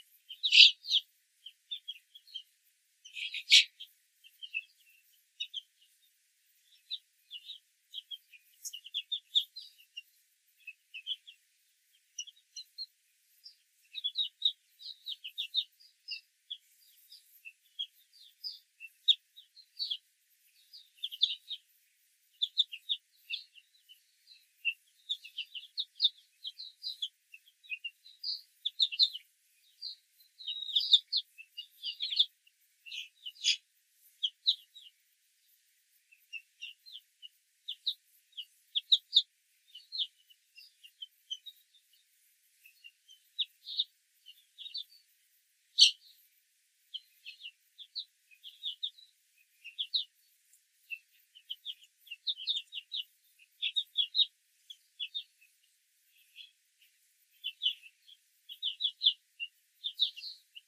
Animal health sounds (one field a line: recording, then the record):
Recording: young laying hens in a cage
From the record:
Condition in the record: control cage, after the stress test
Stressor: none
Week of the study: 4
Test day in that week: 1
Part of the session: 1